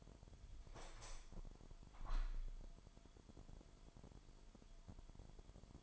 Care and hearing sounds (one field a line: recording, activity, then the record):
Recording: daily activity, microphone in the room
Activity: open window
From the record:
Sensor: 5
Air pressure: 998.0 hPa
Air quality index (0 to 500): 98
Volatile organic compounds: 2 ppm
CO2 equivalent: 1122 ppm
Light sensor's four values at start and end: 27/65/27/29 and 27/65/27/29